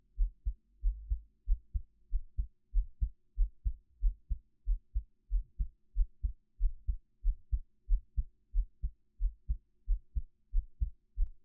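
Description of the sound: Steady, regular low thumps with paired lub-dub beats, roughly 90 a minute, with no talking. It is an ordinary adult heartbeat, the person's own, picked up close to the body with a 3Dio binaural microphone, with only a faint low hum behind it.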